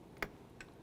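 The top end of a new spark plug wire boot, a rubber boot over a metal terminal, is pressed up onto the ignition coil tower of a 1999-2007 Chevy Silverado. It seats with a sharp click at 0.2 s, followed by a fainter tick at 0.6 s. The boot is confirmed seated on the coil.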